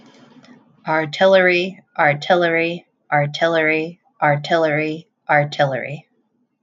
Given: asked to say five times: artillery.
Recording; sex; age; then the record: repeated word; female; 20 to 29 years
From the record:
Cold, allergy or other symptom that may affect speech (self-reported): no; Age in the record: 25 years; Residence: Connecticut, United States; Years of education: 16